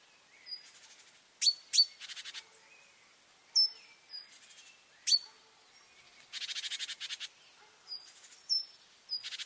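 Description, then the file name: Great tit calls: sharp high metallic notes alternating with short buzzy churring rattles, repeated irregularly throughout, with another thin high note now and then. "Parus major"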